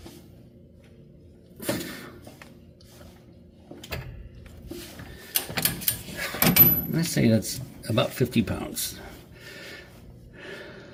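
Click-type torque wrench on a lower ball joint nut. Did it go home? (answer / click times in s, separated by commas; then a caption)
no / none. Someone talks while tightening the lower ball joint nut on the control arm of a 1965 Chevelle with a click-type torque wrench set to about 50 lb-ft. Sharp metallic knocks come between about 3.9 and 6.4 seconds as the wrench is worked. The wrench never gives its release click, so nothing has clicked yet.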